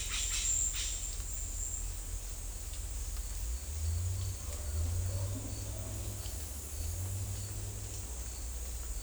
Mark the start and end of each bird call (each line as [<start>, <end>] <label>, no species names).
[0.00, 1.25] bird call